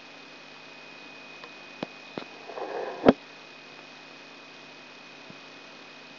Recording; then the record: brain microelectrode recording played as sound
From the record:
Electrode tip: outside the subthalamic nucleus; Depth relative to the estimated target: -4 mm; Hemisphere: left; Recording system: AlphaMap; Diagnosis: Parkinson's disease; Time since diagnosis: 6 years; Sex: female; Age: 40 years